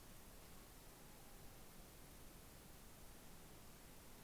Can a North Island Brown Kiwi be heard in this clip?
no